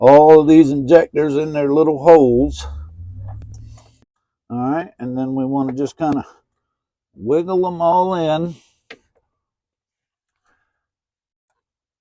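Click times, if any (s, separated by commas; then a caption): 8.9 s. Someone talks while fuel injectors on a fuel rail are lined up with their intake manifold ports and wiggled in during a Squarebody LS swap. After the talking stops, a single sharp snap at 8.9 s marks the injectors seating.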